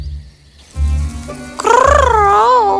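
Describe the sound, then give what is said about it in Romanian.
A low rumbling hum gives way to a single long, loud meow from a limping three-legged cat that wavers up and down in pitch before trailing off. “doar o pisică cu trei picioare.”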